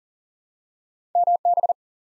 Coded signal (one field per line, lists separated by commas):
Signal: Morse code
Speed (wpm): 40 wpm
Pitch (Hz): 700 Hz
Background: none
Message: MB